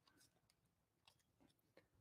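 Hoses are routed into a cable/hose track and a hose retainer clip is handled, with faint rustling and a few soft taps over low background noise. Nothing has seated or clicked into place yet.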